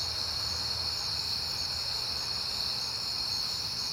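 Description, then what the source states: Crickets trilling in a continuous high chorus over a soft low hum. Crickets at night in September; a peaceful night.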